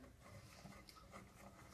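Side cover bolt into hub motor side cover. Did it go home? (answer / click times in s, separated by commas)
no / none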